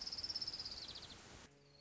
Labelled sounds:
Orange-crowned Warbler (Leiothlypis celata)
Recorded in Sonoma County, California

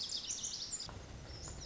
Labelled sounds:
Lazuli Bunting (Passerina amoena)
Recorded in Sonoma County, California

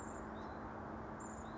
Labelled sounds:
Hutton's Vireo (Vireo huttoni)
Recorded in Sonoma County, California

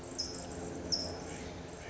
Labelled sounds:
California Towhee (Melozone crissalis)
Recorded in Sonoma County, California

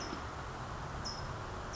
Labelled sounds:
California Towhee (Melozone crissalis)
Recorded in Sonoma County, California

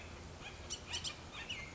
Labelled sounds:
Bullock's Oriole (Icterus bullockii)
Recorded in Sonoma County, California

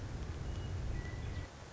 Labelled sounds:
Western Meadowlark (Sturnella neglecta)
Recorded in Sonoma County, California

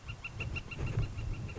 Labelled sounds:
Northern Flicker (Colaptes auratus)
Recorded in Sonoma County, California

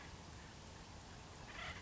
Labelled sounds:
Acorn Woodpecker (Melanerpes formicivorus)
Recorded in Sonoma County, California

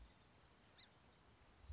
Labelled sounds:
Song Sparrow (Melospiza melodia)
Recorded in Sonoma County, California

